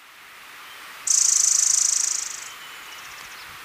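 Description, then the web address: White-sided flowerpiercer trill: a sharp, very high-pitched rapid pulsed buzz of about one and a half seconds that gradually weakens, with soft hiss behind. Recorded in Ecuador. "Birds of Ecuador. White-sided Flowerpiercer"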